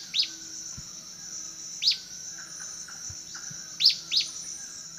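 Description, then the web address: Spot-backed antbird calls: sharp, high, downslurred notes, single or in quick pairs, spaced about two seconds apart, over a steady insect whine. A pair calling; South America, eastern lowlands. "Natures Songs S America Eastern Lowlands. Hylophylax punctulatus"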